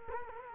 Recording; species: mosquito wingbeat signal from an infrared sensor; Culex quinquefasciatus